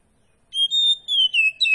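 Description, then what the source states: Magpie-robin giving a short, pure whistled phrase of drawn-out notes that dip slightly and end with a quick flourish. Kacer Poci variety; singing gacor, meaning vigorously.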